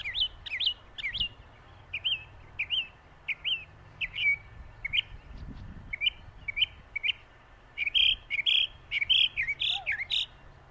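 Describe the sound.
Northern mockingbird singing, short high chirpy notes given in repeated groups, each phrase type said several times before switching, over a faint low rumble.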